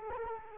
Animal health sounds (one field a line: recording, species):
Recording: mosquito wingbeat signal from an infrared sensor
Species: Culex quinquefasciatus